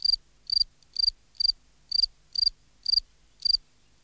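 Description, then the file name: Field cricket singing steady, shrill chirps, each a brief pulsed trill, repeated about twice per second without a break. "Gryllus campestris"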